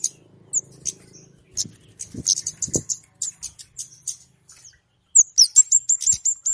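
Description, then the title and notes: Flowerpecker chirps: high, sharp tick notes and thin slurred whistles, ending in a quick series of repeated high whistled notes; faint low knocks early on. Clear chirping, used as a lure (pikat) for catching birds. "Kicau Burung Kemade ( Cabe Cabean) Jernih. Suara Burung Cabe Cabean Pikat"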